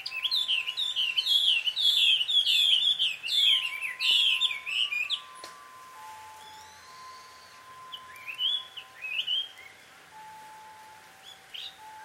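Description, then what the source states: Bird chirping calls, a fast series of repeated, looping chirps for about five seconds, then sparser single chirps over faint hum. A pair of birds quarrelling at dusk, recorded in Takao, Japan; field recording.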